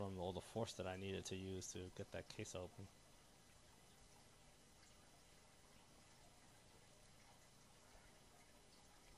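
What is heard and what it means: Someone talks for the first three seconds, then only a faint steady hiss remains while the plastic case shell is handled for pressing back onto an iPod Nano portable music player's body, after plastic shreds left from prying it open were cleaned out. Nothing has seated or clicked yet.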